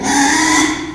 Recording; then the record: squeal of a Yucatan mini pig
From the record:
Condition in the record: after surgery on the right vocal fold (resection and tissue-engineered implant); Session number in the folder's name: 3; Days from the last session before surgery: 33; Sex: male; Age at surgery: 12 weeks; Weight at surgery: 13 kg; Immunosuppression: cyclosporine, prednisolone